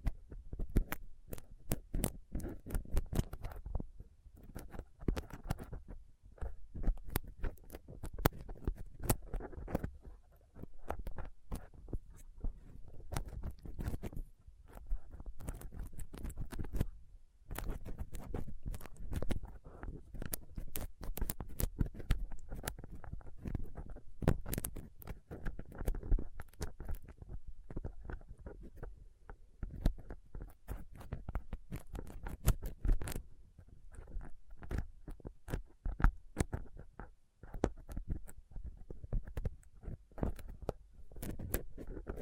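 Rough scratching and picking at a microphone with a dental pick, tweezers and swab, dense irregular clicks and scrapes, briefly pausing near seventeen seconds.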